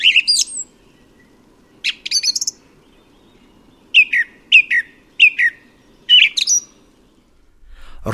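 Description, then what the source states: Song thrush singing bright whistled phrases, several repeated in quick succession, separated by brief silences, over a soft steady low background hum. Song thrush among the spring birds arriving.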